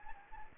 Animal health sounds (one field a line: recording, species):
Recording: mosquito wingbeat signal from an infrared sensor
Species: Anopheles gambiae